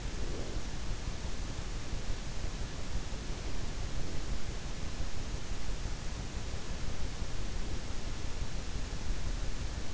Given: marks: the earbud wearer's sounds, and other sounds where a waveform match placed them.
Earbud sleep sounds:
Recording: sounds in sleep by an in-ear microphone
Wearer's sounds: breath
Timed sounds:
0.00-0.65 s: breath

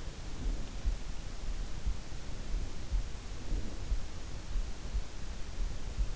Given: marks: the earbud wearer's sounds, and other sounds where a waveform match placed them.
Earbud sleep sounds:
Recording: sounds in sleep by an in-ear microphone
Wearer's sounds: breath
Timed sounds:
0.11-1.11 s: breath
3.24-4.12 s: breath

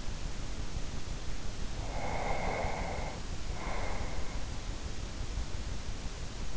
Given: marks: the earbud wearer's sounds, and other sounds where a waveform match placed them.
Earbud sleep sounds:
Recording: sounds in sleep by an in-ear microphone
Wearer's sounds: breath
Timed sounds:
1.70-4.57 s: breath

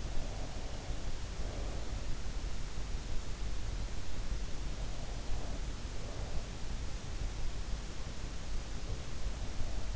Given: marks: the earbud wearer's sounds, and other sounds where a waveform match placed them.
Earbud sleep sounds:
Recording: sounds in sleep by an in-ear microphone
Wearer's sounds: breath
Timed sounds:
0.00-2.05 s: breath

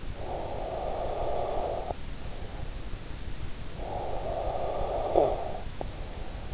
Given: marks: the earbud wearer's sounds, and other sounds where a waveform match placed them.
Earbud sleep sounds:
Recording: sounds in sleep by an in-ear microphone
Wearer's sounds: breath, snoring breath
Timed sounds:
0.00-2.64 s: breath
3.44-6.50 s: snoring breath

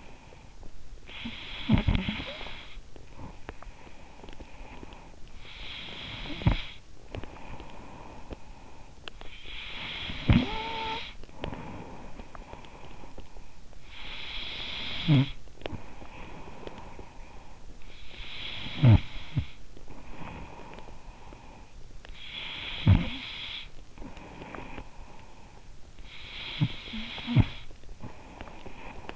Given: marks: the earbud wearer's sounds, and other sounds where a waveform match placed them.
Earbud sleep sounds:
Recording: sounds in sleep by an in-ear microphone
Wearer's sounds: snoring breath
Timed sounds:
0.00-29.16 s: snoring breath

